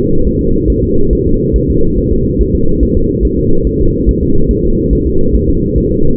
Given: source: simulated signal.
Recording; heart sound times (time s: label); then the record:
fetal heart sounds
0.27 s: S1
0.41 s: S2
0.70 s: S1
0.84 s: S2
1.13 s: S1
1.27 s: S2
1.56 s: S1
1.70 s: S2
1.98 s: S1
2.12 s: S2
2.41 s: S1
2.55 s: S2
2.83 s: S1
2.97 s: S2
3.25 s: S1
3.39 s: S2
3.67 s: S1
3.81 s: S2
4.09 s: S1
4.23 s: S2
4.51 s: S1
4.65 s: S2
4.93 s: S1
5.07 s: S2
5.36 s: S1
5.50 s: S2
5.78 s: S1
5.92 s: S2
From the record:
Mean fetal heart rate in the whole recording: 140 bpm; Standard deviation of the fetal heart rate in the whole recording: 2 bpm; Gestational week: 34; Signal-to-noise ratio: -17.7 dB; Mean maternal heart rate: 72 bpm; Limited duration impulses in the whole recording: present